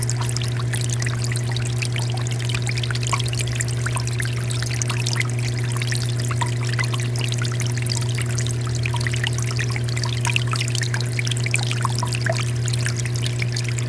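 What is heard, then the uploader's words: A small tabletop water fountain trickles and splashes steadily, with dense, bright little drips and pours scattered evenly throughout. Beneath the water runs a constant low hum, likely the fountain's pump, with a few fainter steady tones above it. Nothing changes over the clip. The gentle and rhythmic sounds of a tabletop water fountain. The soft tinkling of water droplets.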